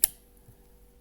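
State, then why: Seated. A therapy (paddle) cable connector is slid into the port of a ZOLL M2 defibrillator during a manual check and gives one sharp, bright click at 0.0 s, followed by only a faint soft tick near 0.4 s against low background hum. The click confirms the cable is seated and securely connected.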